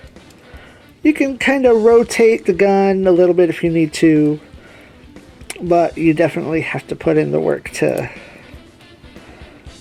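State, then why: Not seated. Someone talks while working a plastic model-kit rifle into the model kit's hand, rotating the gun a little to line it up, with faint handling sounds near 0.2 s and 5.2 s. The rifle has not snapped into place yet.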